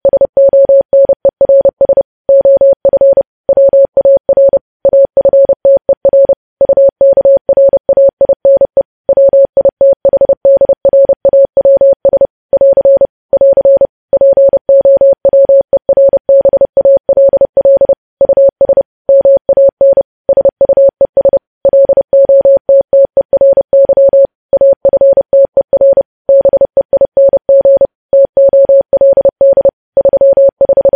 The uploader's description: Morse code